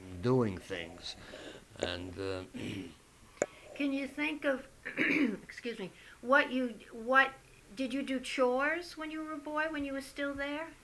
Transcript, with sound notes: doing things. And, uh...
Can you think of ( she clears her throat ) excuse me. What, did you do chores when you were a boy when you were still there?